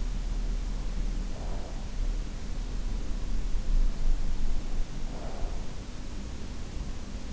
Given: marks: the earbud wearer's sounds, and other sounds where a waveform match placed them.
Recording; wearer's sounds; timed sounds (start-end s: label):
sounds in sleep by an in-ear microphone; breath
1.30-1.91 s: breath
5.12-5.69 s: breath